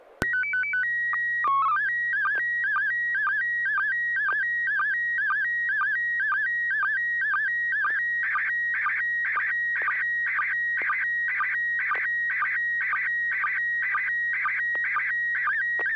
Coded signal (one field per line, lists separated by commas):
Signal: SSTV (slow-scan television)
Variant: PD 120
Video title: N6NA SSTV Net - 01/01/2025